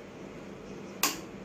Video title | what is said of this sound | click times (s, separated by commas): merritt universal sewing machine | வந்ததா sound வந்துச்சுன்னா இப்ப லாக் ஆயிடுச்சுன்னு அர்த்தம் | 1.0 s